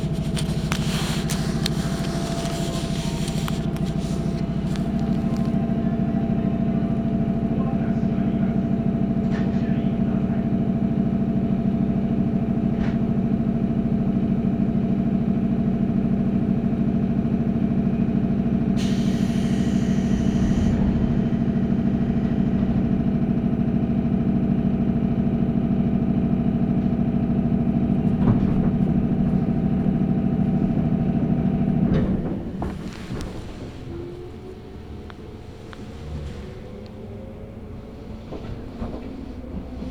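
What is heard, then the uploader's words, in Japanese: A local train on the Chuo East Line runs with a loud, steady motor drone and a low hum for about thirty seconds, with a brief hiss around 19 to 21 seconds. Near 32 seconds the noise drops sharply, leaving a quieter rumble and a sliding whine. 中央東線 普通 韮崎→東山梨。韮崎を出てもまだ下り続けて甲府盆地に入ります。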